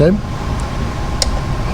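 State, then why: Torque reached. Someone talks briefly as a click-type torque wrench set to 20 ft-lb re-checks the torque on a spark plug in the engine cylinder head of a 2011-2017 Jeep Patriot 2.4L during spark plug replacement. A single sharp click from the wrench sounds at 1.2 s over a steady low hum. The re-check confirms the spark plug is at torque.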